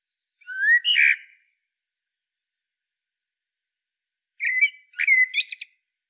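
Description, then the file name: Common blackbird calls: a pair of rising notes, then a pause of a few seconds, then another short burst of chattering notes. "Turdus merula"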